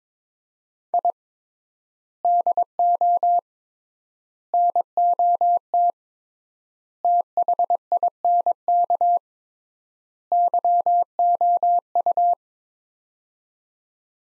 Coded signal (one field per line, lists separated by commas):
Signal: Morse code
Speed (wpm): 21 wpm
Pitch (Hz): 700 Hz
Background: none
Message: I DO NOT THINK YOU